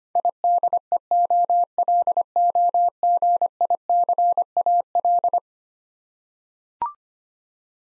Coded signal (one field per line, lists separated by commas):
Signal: Morse code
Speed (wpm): 25 wpm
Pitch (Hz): 700 Hz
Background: none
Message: IDEOLOGICAL